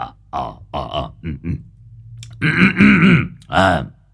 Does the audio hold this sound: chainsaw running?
no